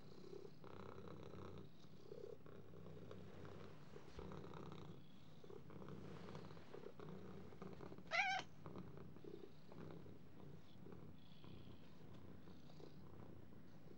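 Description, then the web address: Cat purring in a low steady rumble throughout, broken once past the middle by a short, higher mew-like note before the purring carries on. "кошки"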